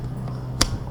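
A latch on the plastic housing of a steering wheel clock spring (spiral cable) on a steering column is pried open to separate the housing sections. Against a low background hum, a single sharp snap sounds at 0.6 s as the latch releases.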